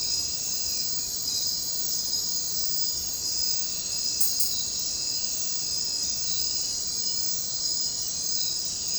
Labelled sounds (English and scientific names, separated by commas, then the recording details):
none
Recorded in secondary vegetation near Puerto Asís, Putumayo, Colombia, on 9 March 2025 at 04:00
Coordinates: 0.484, -76.319
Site G010